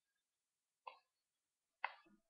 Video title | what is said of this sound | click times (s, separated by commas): Review: Lush Locks Extensions | like you can hear it snapping really | 0.9 s, 1.8 s